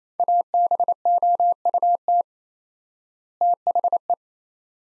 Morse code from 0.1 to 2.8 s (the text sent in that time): ABOUT